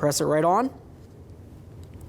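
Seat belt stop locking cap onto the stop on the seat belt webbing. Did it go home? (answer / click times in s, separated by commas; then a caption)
yes / 1.8 s, 2.0 s. On a 2004-2015 Nissan Titan, the plastic locking cap of a seat belt stop is pressed onto the stop through the belt webbing. Someone talks briefly, then after a quiet pause two faint, sharp clicks come at 1.8 s and 2.0 s. The cap is seated and the stop is installed.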